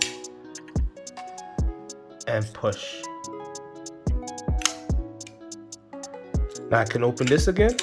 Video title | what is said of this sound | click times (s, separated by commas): How to Splice Fiber Cables using a Fusion Splicer | till I hear a click, | 0.0 s